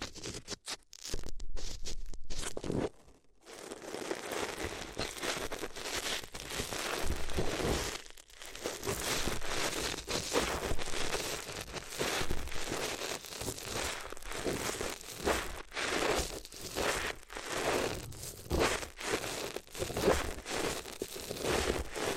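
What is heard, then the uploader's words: Paper crinkles and crumples in a dense, restless rustle with scratchy tearing textures. A few sharp, choppy bursts open the first three seconds, then a brief quiet gap before steady crumpling resumes, with short dips near 8 seconds and scattered pauses later. ASMR If You Had Paper Ears (No Talking).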